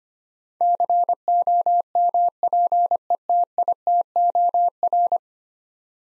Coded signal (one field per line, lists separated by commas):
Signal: Morse code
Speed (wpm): 25 wpm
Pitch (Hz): 700 Hz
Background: none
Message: COMPETITOR